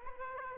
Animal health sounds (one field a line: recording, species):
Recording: mosquito wingbeat signal from an infrared sensor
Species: Aedes aegypti